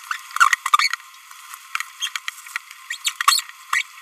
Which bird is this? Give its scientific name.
Forpus passerinus